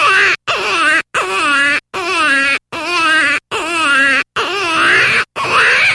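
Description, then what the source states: Jackrabbit distress calls: loud, wavering, crying squeals with rich harmonics, about eight in a row, each under a second, separated by brief silences. Jackrabbit giving distress calls.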